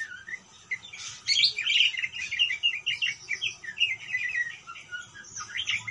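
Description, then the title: Parakeet chattering: busy warbled chirps and squeaky notes in a dense run from just after the first second, with softer twitters near the end. "Parkit"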